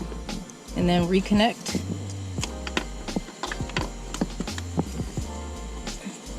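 Someone talks over music while a plastic wiring harness connector is handled and brought toward the LED DRL/fog light bulb socket on a Camaro, with several short sharp taps and knocks along the way. The clip ends before the connector goes home; nothing has seated or clicked yet.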